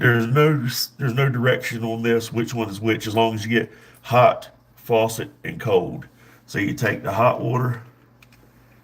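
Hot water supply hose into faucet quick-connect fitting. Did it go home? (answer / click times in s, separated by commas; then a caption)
yes / 8.2 s. Someone talks while a hot water supply hose is pushed into the plastic quick-connect fitting under a bathroom sink faucet. In a pause after the speech, a short sharp click is heard at 8.2 s. The hose is seated in the fitting.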